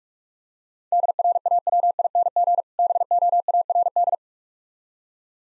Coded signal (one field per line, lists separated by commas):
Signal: Morse code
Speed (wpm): 46 wpm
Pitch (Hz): 700 Hz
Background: none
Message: DRAWING BOARD